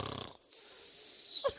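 A brief rough, low rattling snort gives way to a long airy hiss of breath lasting about a second, ending in a short squeaky catch. An adult man is imitating a heavy snorer, loud enough to be heard from the street, sounding as if the poor man is about to choke; this is not a genuine sleeping snore.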